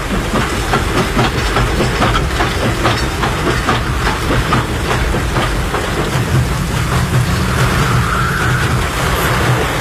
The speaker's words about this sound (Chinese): 火车终于顺利通过了，路基和铁轨都完好无损，所有为之付出过心血的人都兴奋地流出了热泪。